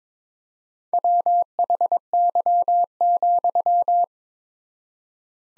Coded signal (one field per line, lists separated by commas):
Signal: Morse code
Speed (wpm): 21 wpm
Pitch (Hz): 700 Hz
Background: none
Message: WHY,